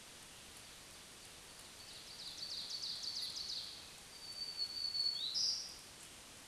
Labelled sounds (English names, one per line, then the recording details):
Black-throated Green Warbler song
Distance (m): 15 m
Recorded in a Pennsylvania forest on 1 June 2023 at 07:59
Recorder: AudioMoth, point grid3_24_high
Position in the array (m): 141 m, 275 m